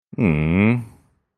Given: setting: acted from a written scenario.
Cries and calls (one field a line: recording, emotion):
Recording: vocal sound without words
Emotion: sympathy